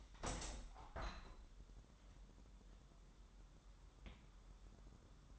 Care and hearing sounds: daily activity, microphone in the room; open window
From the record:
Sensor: 3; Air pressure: 1000.4 hPa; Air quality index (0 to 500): 240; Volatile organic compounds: 140 ppm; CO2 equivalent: 3979 ppm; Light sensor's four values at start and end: 10/23/9/9 and 10/24/10/10

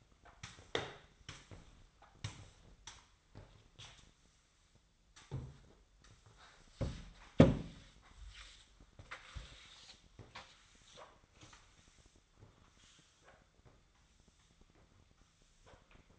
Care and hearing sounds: daily activity, microphone in the room; sweep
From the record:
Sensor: 3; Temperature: 24.4 degrees Celsius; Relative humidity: 34.2%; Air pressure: 1004.7 hPa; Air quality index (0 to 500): 87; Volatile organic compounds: 3 ppm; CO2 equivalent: 1326 ppm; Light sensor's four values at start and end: 7/17/7/7 and 7/17/7/6

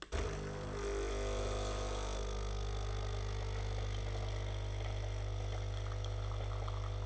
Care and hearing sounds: daily activity, microphone in the room; make coffee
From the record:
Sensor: 4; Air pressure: 991.6 hPa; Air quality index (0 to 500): 131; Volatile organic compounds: 43 ppm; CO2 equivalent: 3200 ppm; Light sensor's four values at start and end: 17/56/21/21 and 17/54/21/20

